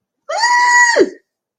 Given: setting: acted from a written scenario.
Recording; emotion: vocal sound without words; elation